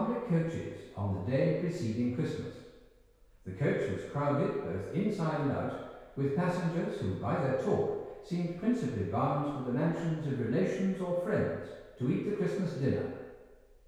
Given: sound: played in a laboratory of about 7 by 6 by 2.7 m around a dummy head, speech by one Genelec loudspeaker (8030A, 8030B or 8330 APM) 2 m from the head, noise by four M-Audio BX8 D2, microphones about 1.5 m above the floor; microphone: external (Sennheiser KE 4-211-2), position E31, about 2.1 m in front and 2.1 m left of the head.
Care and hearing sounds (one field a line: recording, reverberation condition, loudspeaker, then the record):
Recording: male speech in English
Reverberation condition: high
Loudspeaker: 90 degrees to the left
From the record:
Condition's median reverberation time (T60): about 1300 ms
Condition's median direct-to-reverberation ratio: about -4.0 dB